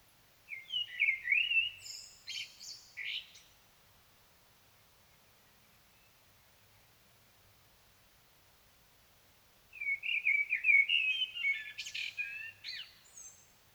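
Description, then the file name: Common blackbird singing two separate phrases, each a rich fluted warble ending in thin squeaky twitters, divided by a roughly six-second silence. "Turdus merula"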